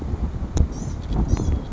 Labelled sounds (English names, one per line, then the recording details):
Blue-gray Gnatcatcher
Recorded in Sonoma County, California